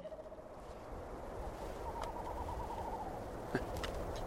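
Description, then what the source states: Western Screech-Owl calling: a few faint low hoots, then a quick run of soft hoots at an even pitch, with faint clicks over steady background noise. Two wild owls by the Boise River, Idaho, among tall old cottonwoods, during a Christmas bird count, answering played calls; mostly one calls, the second occasionally at the same time.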